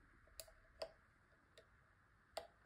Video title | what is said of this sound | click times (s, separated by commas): Infinite battery: assembling your casing, insert the pack inside and do the configuration. | And you hear a little click. | 2.4 s